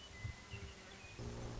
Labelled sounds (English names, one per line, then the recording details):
Western Meadowlark
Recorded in Sonoma County, California